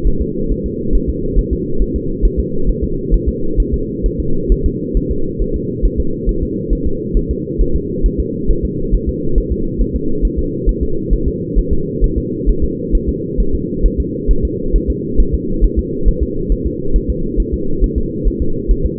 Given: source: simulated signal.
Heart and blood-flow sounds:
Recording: fetal heart sounds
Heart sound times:
0.07 s: S1
0.22 s: S2
0.52 s: S1
0.66 s: S2
0.95 s: S1
1.09 s: S2
1.39 s: S1
1.53 s: S2
1.82 s: S1
1.96 s: S2
2.25 s: S1
2.40 s: S2
2.69 s: S1
2.84 s: S2
3.14 s: S1
3.28 s: S2
3.60 s: S1
3.74 s: S2
4.06 s: S1
4.20 s: S2
4.52 s: S1
4.66 s: S2
4.97 s: S1
5.11 s: S2
5.42 s: S1
5.56 s: S2
5.85 s: S1
6.00 s: S2
6.29 s: S1
6.43 s: S2
6.73 s: S1
6.87 s: S2
7.17 s: S1
7.31 s: S2
7.61 s: S1
7.76 s: S2
8.06 s: S1
8.20 s: S2
8.50 s: S1
8.65 s: S2
8.94 s: S1
9.09 s: S2
9.38 s: S1
9.52 s: S2
9.81 s: S1
9.96 s: S2
10.25 s: S1
10.39 s: S2
10.69 s: S1
10.83 s: S2
11.13 s: S1
11.28 s: S2
11.59 s: S1
11.73 s: S2
12.04 s: S1
12.18 s: S2
12.50 s: S1
12.64 s: S2
12.95 s: S1
13.09 s: S2
13.40 s: S1
13.55 s: S2
13.86 s: S1
14.00 s: S2
14.31 s: S1
14.45 s: S2
14.76 s: S1
14.90 s: S2
15.20 s: S1
15.34 s: S2
15.64 s: S1
15.79 s: S2
16.09 s: S1
16.23 s: S2
16.52 s: S1
16.66 s: S2
16.96 s: S1
17.10 s: S2
17.40 s: S1
17.54 s: S2
17.84 s: S1
17.98 s: S2
18.28 s: S1
18.42 s: S2
18.71 s: S1
18.86 s: S2
From the record:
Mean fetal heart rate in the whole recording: 135 bpm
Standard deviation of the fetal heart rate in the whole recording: 3 bpm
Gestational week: 36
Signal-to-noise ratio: -8.1 dB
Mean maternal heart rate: 72 bpm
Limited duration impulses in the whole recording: absent

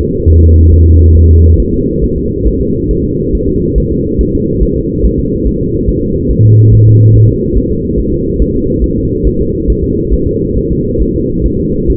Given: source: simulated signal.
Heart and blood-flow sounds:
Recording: fetal heart sounds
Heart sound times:
0.01 s: S2
0.30 s: S1
0.44 s: S2
0.73 s: S1
0.88 s: S2
1.17 s: S1
1.31 s: S2
1.60 s: S1
1.74 s: S2
2.04 s: S1
2.18 s: S2
2.48 s: S1
2.62 s: S2
2.91 s: S1
3.05 s: S2
3.35 s: S1
3.49 s: S2
3.78 s: S1
3.92 s: S2
4.21 s: S1
4.35 s: S2
4.63 s: S1
4.77 s: S2
5.05 s: S1
5.19 s: S2
5.47 s: S1
5.61 s: S2
5.89 s: S1
6.03 s: S2
6.31 s: S1
6.45 s: S2
6.73 s: S1
6.87 s: S2
7.16 s: S1
7.30 s: S2
7.58 s: S1
7.72 s: S2
8.00 s: S1
8.14 s: S2
8.42 s: S1
8.56 s: S2
8.84 s: S1
8.98 s: S2
9.27 s: S1
9.41 s: S2
9.70 s: S1
9.84 s: S2
10.14 s: S1
10.28 s: S2
10.58 s: S1
10.72 s: S2
11.02 s: S1
11.16 s: S2
11.46 s: S1
11.60 s: S2
11.90 s: S1
From the record:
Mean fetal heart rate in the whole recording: 140 bpm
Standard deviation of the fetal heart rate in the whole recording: 2 bpm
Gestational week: 34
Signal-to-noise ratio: -14.7 dB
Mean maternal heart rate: 72 bpm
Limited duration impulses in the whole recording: present

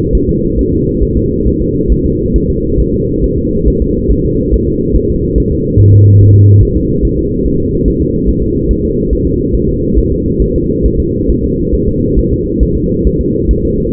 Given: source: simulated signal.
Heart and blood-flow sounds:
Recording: fetal heart sounds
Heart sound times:
0.15 s: S1
0.29 s: S2
0.59 s: S1
0.73 s: S2
1.03 s: S1
1.17 s: S2
1.48 s: S1
1.61 s: S2
1.92 s: S1
2.06 s: S2
2.36 s: S1
2.50 s: S2
2.80 s: S1
2.94 s: S2
3.24 s: S1
3.38 s: S2
3.68 s: S1
3.82 s: S2
4.12 s: S1
4.25 s: S2
4.54 s: S1
4.68 s: S2
4.96 s: S1
5.10 s: S2
5.38 s: S1
5.52 s: S2
5.80 s: S1
5.94 s: S2
6.21 s: S1
6.35 s: S2
6.63 s: S1
6.77 s: S2
7.05 s: S1
7.19 s: S2
7.46 s: S1
7.60 s: S2
7.88 s: S1
8.02 s: S2
8.29 s: S1
8.43 s: S2
8.71 s: S1
8.85 s: S2
9.13 s: S1
9.27 s: S2
9.55 s: S1
9.69 s: S2
9.98 s: S1
10.12 s: S2
10.42 s: S1
10.56 s: S2
10.86 s: S1
11.00 s: S2
11.30 s: S1
11.44 s: S2
11.75 s: S1
11.88 s: S2
12.19 s: S1
12.33 s: S2
12.63 s: S1
12.77 s: S2
13.07 s: S1
13.21 s: S2
13.51 s: S1
13.65 s: S2
From the record:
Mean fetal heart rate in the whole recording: 140 bpm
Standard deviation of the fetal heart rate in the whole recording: 2 bpm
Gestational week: 34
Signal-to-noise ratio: -10.2 dB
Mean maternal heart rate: 72 bpm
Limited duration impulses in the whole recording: present

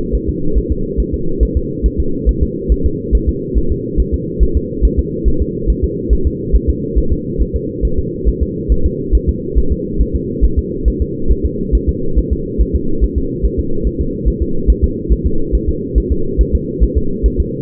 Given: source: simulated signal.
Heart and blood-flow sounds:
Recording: fetal heart sounds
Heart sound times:
0.15 s: S1
0.29 s: S2
0.58 s: S1
0.72 s: S2
1.00 s: S1
1.14 s: S2
1.43 s: S1
1.57 s: S2
1.86 s: S1
2.00 s: S2
2.29 s: S1
2.43 s: S2
2.72 s: S1
2.86 s: S2
3.15 s: S1
3.29 s: S2
3.58 s: S1
3.72 s: S2
4.00 s: S1
4.14 s: S2
4.43 s: S1
4.57 s: S2
4.85 s: S1
4.99 s: S2
5.28 s: S1
5.42 s: S2
5.70 s: S1
5.84 s: S2
6.13 s: S1
6.27 s: S2
6.56 s: S1
6.70 s: S2
6.98 s: S1
7.12 s: S2
7.42 s: S1
7.56 s: S2
7.85 s: S1
7.99 s: S2
8.28 s: S1
8.42 s: S2
8.72 s: S1
8.86 s: S2
9.15 s: S1
9.29 s: S2
9.58 s: S1
9.72 s: S2
10.01 s: S1
10.15 s: S2
10.45 s: S1
10.59 s: S2
10.88 s: S1
11.02 s: S2
11.31 s: S1
11.45 s: S2
11.75 s: S1
11.89 s: S2
12.19 s: S1
12.33 s: S2
12.61 s: S1
12.75 s: S2
13.04 s: S1
13.18 s: S2
13.45 s: S1
13.59 s: S2
13.87 s: S1
14.01 s: S2
14.28 s: S1
14.42 s: S2
14.70 s: S1
14.84 s: S2
15.12 s: S1
15.27 s: S2
15.55 s: S1
15.69 s: S2
15.98 s: S1
16.12 s: S2
16.41 s: S1
16.55 s: S2
16.83 s: S1
16.98 s: S2
17.26 s: S1
17.40 s: S2
From the record:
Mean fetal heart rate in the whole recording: 140 bpm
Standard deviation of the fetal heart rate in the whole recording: 2 bpm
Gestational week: 34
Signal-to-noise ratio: -8.1 dB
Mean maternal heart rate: 72 bpm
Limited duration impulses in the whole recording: absent

